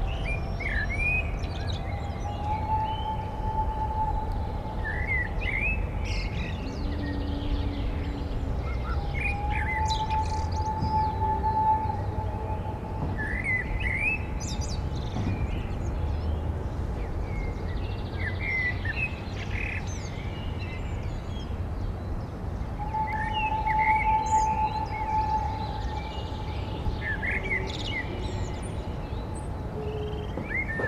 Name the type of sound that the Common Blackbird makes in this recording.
song